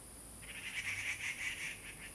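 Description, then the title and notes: Grey treepie producing a rapid run of about eight harsh, chattering notes lasting over a second, against a constant hiss. Birds singing on the ground at Puli Township, Nantou County, Taiwan. "545台灣南投縣埔里鎮成功里種瓜路113號 - 藏機閣的第一聲. Dendrocitta formosae , Birds singing in the ground"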